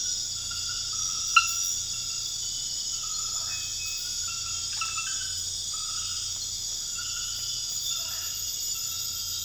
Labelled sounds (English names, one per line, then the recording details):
none
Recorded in dense forest near Puerto Asís, Putumayo, Colombia, on 9 March 2025 at 23:30
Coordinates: 0.484, -76.325
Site G045